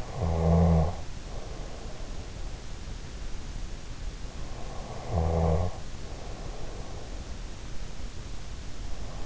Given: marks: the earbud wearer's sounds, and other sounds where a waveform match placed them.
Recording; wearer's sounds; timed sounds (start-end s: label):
sounds in sleep by an in-ear microphone; snoring breath
0.00-2.39 s: snoring breath
4.65-7.34 s: snoring breath